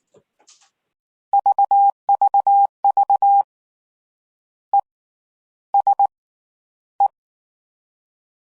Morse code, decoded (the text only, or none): VVV E S E